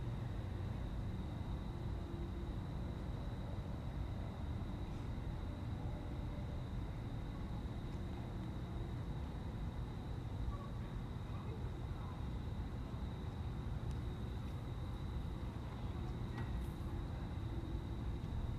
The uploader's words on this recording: Standing outside the AMC Carolina Pavilion 22 movie theater on South Boulevard. Crickets, cars and a goose.